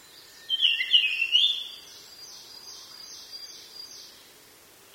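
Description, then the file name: Japanese grosbeak song: a clear, fluting whistled phrase of linked notes lasting about a second, followed by faint repeated high notes. "ikaru"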